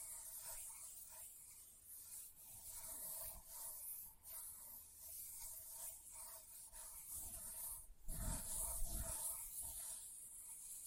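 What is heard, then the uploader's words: Leather is tapped and scratched, with a steady dry hiss of rubbing running throughout and short soft taps scattered every second or so. A heavier, fuller scrape swells around the eighth to ninth second, and a faint low hum sits underneath. ASMR Leather Tapping & Scratching Sounds (No Talking).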